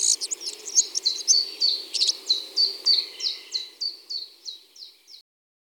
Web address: Lanius collurio. ns svatomartinska alej